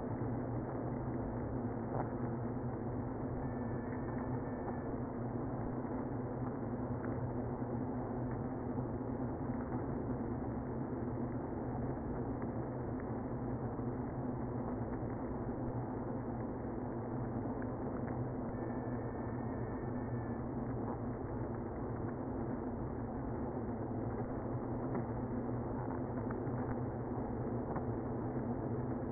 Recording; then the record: honeybee colony, microphone inside the hive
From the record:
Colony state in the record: queenless (queen removed); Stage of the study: after two queens were removed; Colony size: about 60,000 bees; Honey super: yes